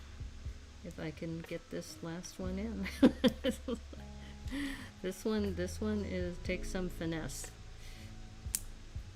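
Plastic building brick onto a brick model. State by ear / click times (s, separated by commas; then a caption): partly seated / 8.5 s. Someone talks while fitting the last plastic LEGO piece onto a LEGO Creator 3-in-1 Mighty Dinosaurs Brown (set #77940) dinosaur build, a piece that needs finesse to seat. A sharp snap is heard at 8.6 s, but the brick pops back off and does not stay seated.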